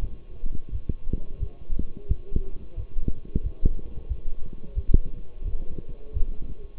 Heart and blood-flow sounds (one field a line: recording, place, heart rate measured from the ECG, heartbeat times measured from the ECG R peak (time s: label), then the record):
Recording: heart sounds by stethoscope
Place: between the tricuspid and mitral areas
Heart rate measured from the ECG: 88 bpm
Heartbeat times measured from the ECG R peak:
0.71 s: heartbeat
1.39 s: heartbeat
2.08 s: heartbeat
2.76 s: heartbeat
3.43 s: heartbeat
4.08 s: heartbeat
4.75 s: heartbeat
5.44 s: heartbeat
6.13 s: heartbeat
From the record:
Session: walking at 3.7 km/h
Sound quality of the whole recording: partially saturated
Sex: male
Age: 24 years